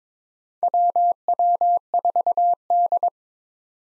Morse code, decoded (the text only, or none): WW4D